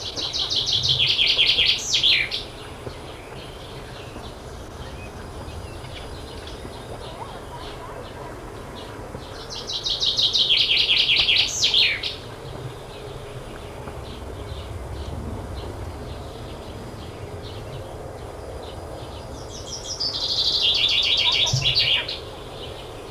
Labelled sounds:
Common Chaffinch song
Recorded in the wild
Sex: male
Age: adult
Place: Feldberg - Koldenhof, Mecklenburgische Seenplatte, Mecklenburg, DE
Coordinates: 53.3403, 13.3586
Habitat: lake
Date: 1976-06-14 19:33
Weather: 16° C
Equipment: Uher CR 210, Sennheiser MD 421 HL, Verstärker, Reflektor, Kopie Uher 4200
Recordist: Tembrock, Günter

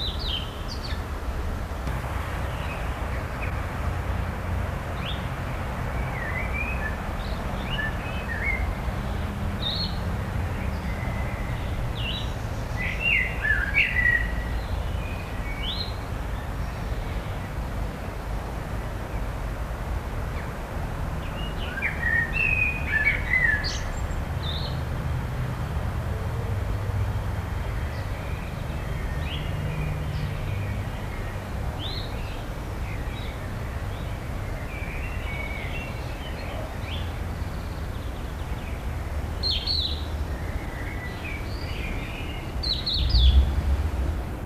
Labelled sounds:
Crested Lark call
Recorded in captivity
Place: Hannover, Niedersachsen, DE
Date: 1984-05-18
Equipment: Halbspur, 9,5 cm/s
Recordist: Lütgens, Hans

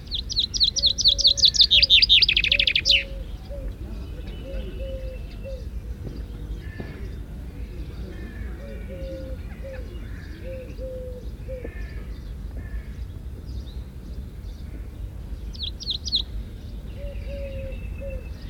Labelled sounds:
Common Chaffinch song
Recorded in the wild
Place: Calafat, Craina Cazanelor, RO
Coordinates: 43.991, 22.933
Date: 1974-05-16
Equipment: Nagra III BH, Sennheiser MD 21, parabola
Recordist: Schubert, Michael

